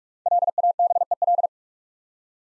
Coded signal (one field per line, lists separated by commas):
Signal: Morse code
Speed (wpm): 44 wpm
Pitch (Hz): 700 Hz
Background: none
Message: LABEL